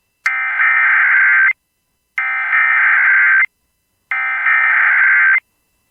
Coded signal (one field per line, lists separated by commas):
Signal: Emergency Alert System (SAME) tones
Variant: header bursts